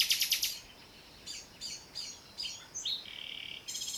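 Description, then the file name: Common nightingale song: a quick buzzy rattle, then several separate high notes, a downward slurred whistle, and another rasping burst at the end. "Luscinia megarhynchos"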